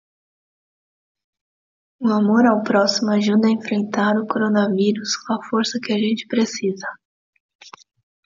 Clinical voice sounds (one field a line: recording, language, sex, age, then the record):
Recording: spoken sentence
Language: Brazilian Portuguese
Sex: female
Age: 30 to 39 years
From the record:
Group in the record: control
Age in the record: 35 years